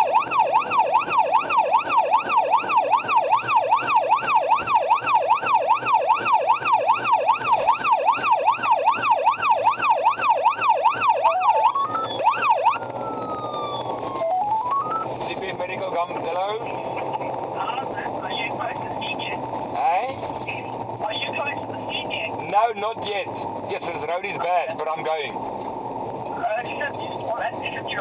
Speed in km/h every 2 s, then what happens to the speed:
146, 131, 118, 116, 105, 92, 96, 101, 105, 109, 101, 90, 81, 75.
0-9 brakes to 92. 19-28 brakes to 75.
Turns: none.